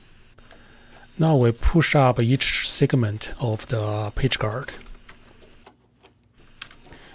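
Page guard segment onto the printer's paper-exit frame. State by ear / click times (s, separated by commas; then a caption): seated / 6.6 s. Each plastic segment of the page guard on an Epson inkjet printer is pushed down onto its tabs on the printer's paper-exit frame, while someone talks for the first few seconds. Small ticks follow the speech, and one loud, sharp click at 6.6 s marks the segment seating into place, followed by a few faint ticks.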